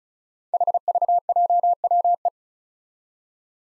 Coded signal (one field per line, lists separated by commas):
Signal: Morse code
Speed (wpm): 36 wpm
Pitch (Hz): 700 Hz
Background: none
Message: HVJWE